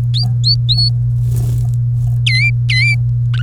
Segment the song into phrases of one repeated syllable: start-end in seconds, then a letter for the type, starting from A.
0.14-0.89 A, 2.26-2.95 B, 3.34-3.42 C